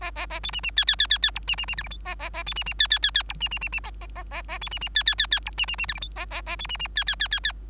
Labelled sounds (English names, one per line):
Bengalese Finch song